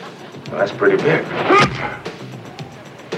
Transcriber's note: soundbite of thudding